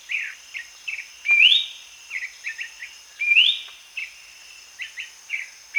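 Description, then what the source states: Ferruginous babbler: two loud rising whistles among many brief chirpy notes, repeated in a loose rhythm against a continuous high-pitched insect background. Recorded at Danum on 1 January 2008.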